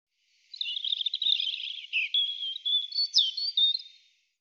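European robin singing one continuous phrase, a fast scratchy warble that turns into clear, thin, sustained whistles with quick high flourishes, on a clean silent background.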